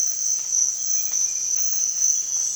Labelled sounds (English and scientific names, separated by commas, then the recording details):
none
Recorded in dense forest near Puerto Asís, Putumayo, Colombia, on 25 June 2025 at 05:00
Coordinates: 0.468, -76.322
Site GP03